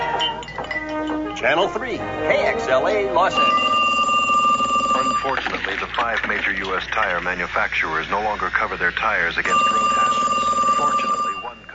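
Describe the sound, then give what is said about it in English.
A phone rings in two long steady bursts, a bright high electronic tone separated by a pause, as Kimberly places a call. Voices and music-like sound run throughout underneath. “몇 시간이 지나도 헥터가 도착하지 않자 킴벌리는 제게 전화를 합니다.”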